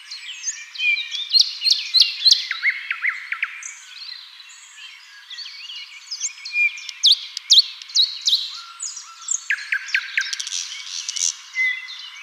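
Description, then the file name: Common nightingale in full song: a dense mix of varied whistles, rattles and repeated chirps, phrases pausing briefly and restarting over twelve seconds. "Luscinia megarhynchos"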